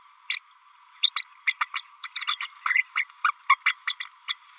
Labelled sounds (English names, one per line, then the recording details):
Green-rumped Parrotlet babbling
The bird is a female
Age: 31 days
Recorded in a nest box in Venezuela
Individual 17B32A5